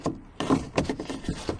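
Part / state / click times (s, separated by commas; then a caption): plastic dust cover onto back of headlamp housing / not seated / none. A plastic dust cover is being handled onto the back of a VW Crafter headlamp housing. Short knocks and scraping rubs of plastic are heard at about 0.1, 0.4, 0.5 and 0.8 s. The cover is not home yet, and nothing has clicked or seated.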